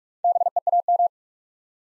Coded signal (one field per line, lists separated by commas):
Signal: Morse code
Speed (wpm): 42 wpm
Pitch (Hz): 700 Hz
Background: none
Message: BEAM